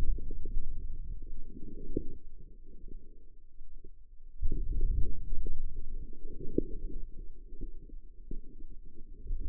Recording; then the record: forearm muscle sounds (acoustic myography)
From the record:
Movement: outward rotation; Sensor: system 2, bracelet of six BSWA MPA416 microphones around the upper forearm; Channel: 6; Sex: female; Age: 25 years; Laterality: right